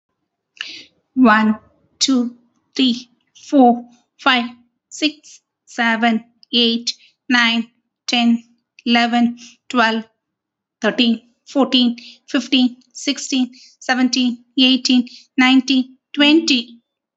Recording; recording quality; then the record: counting at a normal pace; excellent, no background noise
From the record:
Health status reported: recovered from COVID-19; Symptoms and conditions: breathing difficulty, fever, fatigue, muscle pain, asthma, pneumonia, hypertension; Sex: female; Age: 49 years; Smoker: not ticked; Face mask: not worn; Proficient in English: yes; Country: India